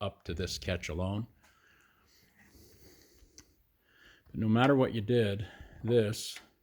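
A repaired hood latch is handled near its catch on a 1955 Pontiac; it used to push in freely because it was worn out, and now it locks. Someone talks, with a quiet stretch between phrases and one brief faint tick near 3.4 seconds. The clip ends just before the latch goes home, so nothing has seated or clicked yet.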